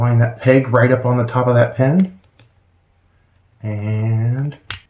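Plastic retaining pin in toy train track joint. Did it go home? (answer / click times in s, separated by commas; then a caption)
released / 4.7 s. Someone talks while lining up the peg of the included removal tool on top of the plastic pin that holds two Lego City Passenger Train (60197) track pieces together. At 4.7 s a sharp, loud snap is heard as the pin pops loose and is released from the joint, with nothing breaking.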